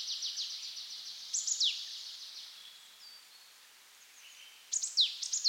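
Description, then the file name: Marsh tit calling: a fading high rattle, then sharp downward-sliding notes, a pause with faint high tones, and more abrupt descending calls near the end. "Poecile palustris"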